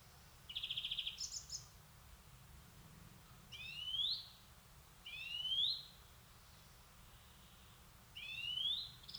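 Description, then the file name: European greenfinch: a buzzy trill with a higher flourish, then three nasal, rising wheezes. "Chloris chloris"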